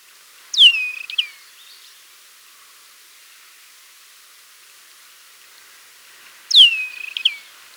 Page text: Desert Wheatear Song. Quick Sounds